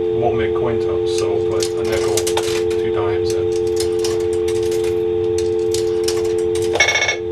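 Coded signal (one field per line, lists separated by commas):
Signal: telephone call progress tone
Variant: North America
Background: speech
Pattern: dial tone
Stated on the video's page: Tones from a Dial Tone First payphone controlled by an Allen Bradley PLC and Asterisk, including expanded inband ACTS tones on coin calls.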